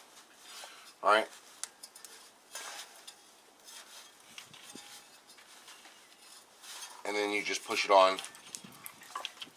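On a 1989 Chevy K5 Blazer, a rubber spark plug wire boot greased with dielectric lube is pushed down over the spark plug terminal while someone talks, with light handling clicks and rubbing throughout. Its metal clip snaps on at 9.2 s, and the boot is seated on the plug.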